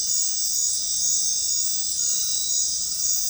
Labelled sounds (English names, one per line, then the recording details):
none
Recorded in dense forest near Puerto Asís, Putumayo, Colombia, on 21 February 2024 at 21:30
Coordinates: 0.500, -76.322
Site G6465